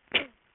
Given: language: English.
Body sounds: throat vibration sensor signal played as sound; cough

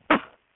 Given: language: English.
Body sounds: throat vibration sensor signal played as sound; cough

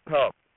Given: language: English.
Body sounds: throat vibration sensor signal played as sound; speech

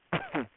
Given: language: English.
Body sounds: throat vibration sensor signal played as sound; cough

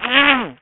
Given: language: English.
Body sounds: throat vibration sensor signal played as sound; throat clearing

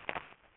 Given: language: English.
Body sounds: throat vibration sensor signal played as sound; swallow

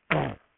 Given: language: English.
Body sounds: throat vibration sensor signal played as sound; throat clearing

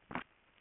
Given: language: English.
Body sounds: throat vibration sensor signal played as sound; swallow

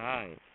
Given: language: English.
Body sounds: throat vibration sensor signal played as sound; speech

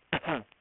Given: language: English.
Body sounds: throat vibration sensor signal played as sound; cough

